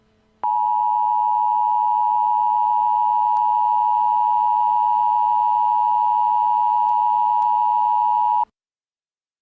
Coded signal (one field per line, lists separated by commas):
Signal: Emergency Alert System (SAME) tones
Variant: 853 and 960 Hz attention tone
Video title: ThisIsNotATest EAS and EBS Mock Videos - Season 2